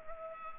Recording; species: mosquito wingbeat signal from an infrared sensor; Culex pipiens